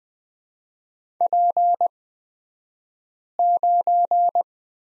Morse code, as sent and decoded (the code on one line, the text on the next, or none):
.--. ----.
P9